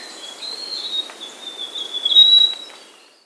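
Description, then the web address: Russet-crowned warbler song: a thin, high whistled note held fairly steady with slight wavers, swelling louder near the end before fading; quiet background otherwise. Andean bird recorded in the Andes, South America. "Natures Songs S America Andean Birds. Russet-Crowned Warbler (Basileuterus Coronatus)"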